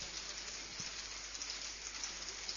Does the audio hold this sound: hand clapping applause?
no